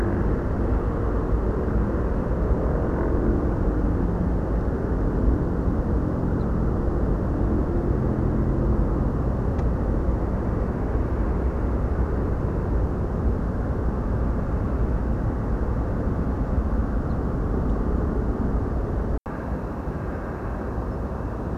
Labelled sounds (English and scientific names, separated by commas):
Ortolan Bunting (Emberiza hortulana)